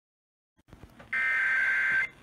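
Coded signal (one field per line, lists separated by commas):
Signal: Emergency Alert System (SAME) tones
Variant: header bursts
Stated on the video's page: Shasta County Required Monthly Test received on an FM broadcast station at 96.7.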